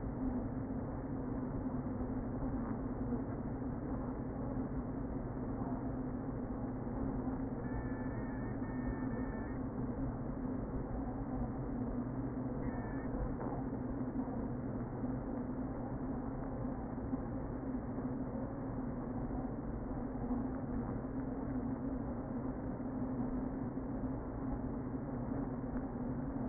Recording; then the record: honeybee colony, microphone inside the hive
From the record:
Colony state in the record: queen present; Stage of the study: before two queens were removed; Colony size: about 60,000 bees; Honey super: yes